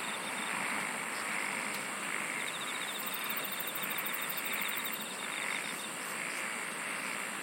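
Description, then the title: Insect chorus: continuous high drone with intermittent pulsed trills and brief higher buzzy phrases, over a constant background hiss. "SINGING OF INSECTS"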